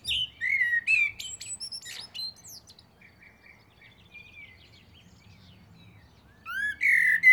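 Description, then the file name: Common blackbird singing mellow whistles with high twittery tails, then a long quiet gap with faint thin notes before another fluted phrase begins. "Turdus merula"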